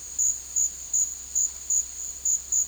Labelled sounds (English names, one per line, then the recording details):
none
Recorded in secondary vegetation near Puerto Asís, Putumayo, Colombia, on 18 February 2024 at 13:00
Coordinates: 0.481, -76.323
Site G6376